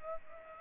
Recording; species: mosquito wingbeat signal from an infrared sensor; Culex pipiens